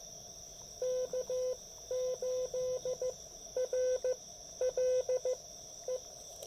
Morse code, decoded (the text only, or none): K8RLE